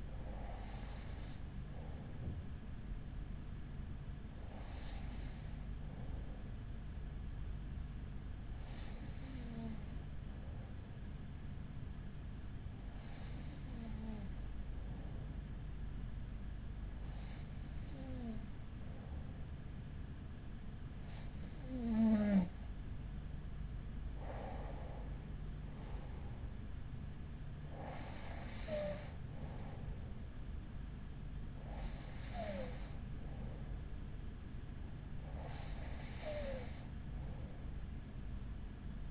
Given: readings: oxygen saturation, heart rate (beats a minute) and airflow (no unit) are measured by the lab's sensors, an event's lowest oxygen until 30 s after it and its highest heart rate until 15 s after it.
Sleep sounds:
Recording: breathing in sleep by a smartphone at the bedside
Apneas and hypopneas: none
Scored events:
none scored
From the record:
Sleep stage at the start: N2 (light sleep)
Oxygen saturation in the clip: 92 to 94%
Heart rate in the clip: 42 to 48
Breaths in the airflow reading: 10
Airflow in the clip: -6.3 to 5.7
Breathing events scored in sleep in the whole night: 207 in 7.6 hours asleep

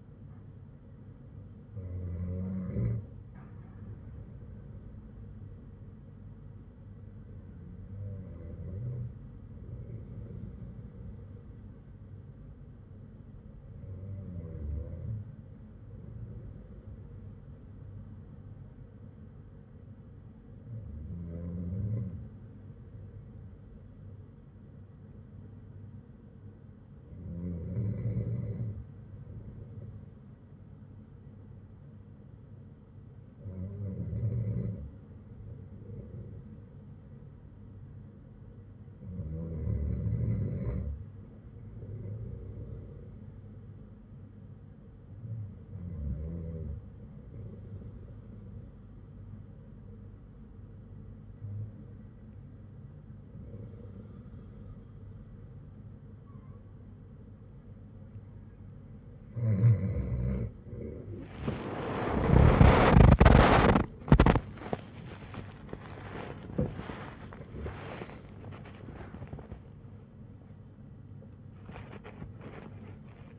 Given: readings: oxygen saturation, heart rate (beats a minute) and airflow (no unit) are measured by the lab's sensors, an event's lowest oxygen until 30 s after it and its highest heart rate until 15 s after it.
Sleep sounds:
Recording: breathing in sleep by a smartphone at the bedside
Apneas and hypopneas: 1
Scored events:
37.00-63.20 s: hypopnea (N2, oxygen 96% highest, then 95% lowest, heart rate 57 at the start, 93 highest)
63.00-73.39 s: new sleep stage, awake
From the record:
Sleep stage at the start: N2 (light sleep)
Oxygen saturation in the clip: 95 to 97%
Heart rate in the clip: 55 to 81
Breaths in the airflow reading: 11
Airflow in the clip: -14.3 to 10.1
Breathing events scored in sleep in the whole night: 182 in 7.4 hours asleep

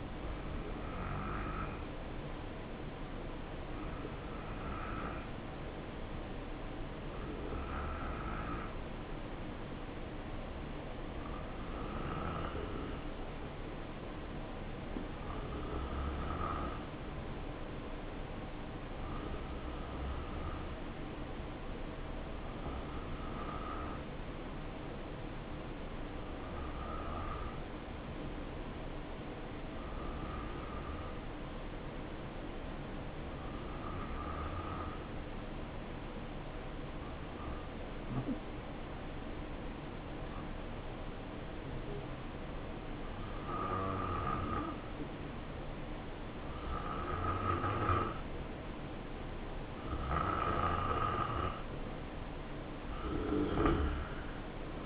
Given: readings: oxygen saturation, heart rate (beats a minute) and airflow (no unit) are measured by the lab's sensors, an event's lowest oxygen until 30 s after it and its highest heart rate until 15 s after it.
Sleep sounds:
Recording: breathing in sleep by a voice recorder at the bedside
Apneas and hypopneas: 1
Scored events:
15.00-46.80 s: hypopnea (N2, oxygen 93% highest, then 91% lowest, heart rate 70 at the start, 73 highest)
From the record:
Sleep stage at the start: N2 (light sleep)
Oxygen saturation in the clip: 91 to 93%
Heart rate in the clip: 62 to 71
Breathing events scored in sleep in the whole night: 277 in 7.4 hours asleep

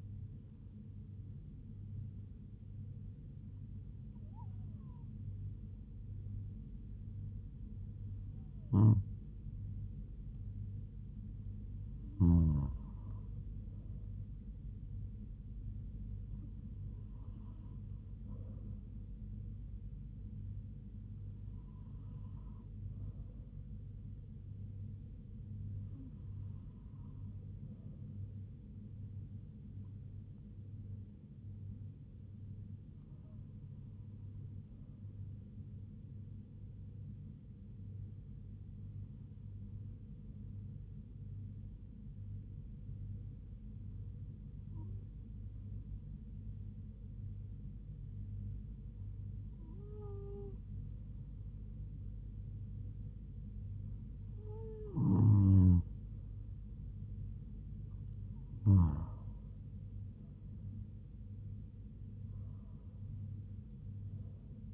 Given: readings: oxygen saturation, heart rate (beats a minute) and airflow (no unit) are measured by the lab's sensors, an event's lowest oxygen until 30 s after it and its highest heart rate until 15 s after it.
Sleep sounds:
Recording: breathing in sleep by a smartphone at the bedside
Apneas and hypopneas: none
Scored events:
0.00-64.74 s: awake
26.00-56.00 s: new sleep stage, N2 (light sleep)
56.00-64.74 s: new sleep stage, N1 (lightest sleep)
From the record:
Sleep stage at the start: N1 (lightest sleep)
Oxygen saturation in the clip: 95 to 97%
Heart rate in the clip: 69 to 78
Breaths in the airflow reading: 13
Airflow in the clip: -5.9 to 4.6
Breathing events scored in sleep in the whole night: 158 in 7.3 hours asleep

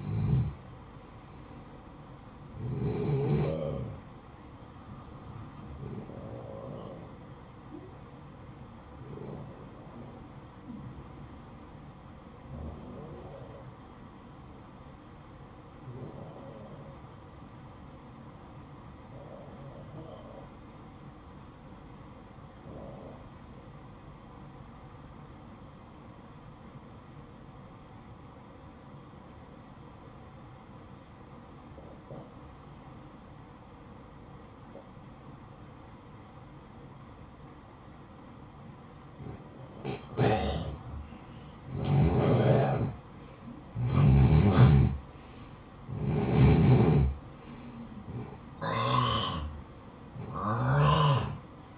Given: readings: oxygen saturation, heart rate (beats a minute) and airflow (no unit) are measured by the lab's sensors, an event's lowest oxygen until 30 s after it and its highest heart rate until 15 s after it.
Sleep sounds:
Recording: breathing in sleep by a smartphone at the bedside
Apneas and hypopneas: 1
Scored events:
8.00-40.30 s: hypopnea (N1, oxygen 94% highest, then 87% lowest, heart rate 57 at the start, 67 highest)
From the record:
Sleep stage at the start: N1 (lightest sleep)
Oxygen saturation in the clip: 87 to 94%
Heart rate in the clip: 56 to 71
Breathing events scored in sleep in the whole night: 573 in 9.8 hours asleep

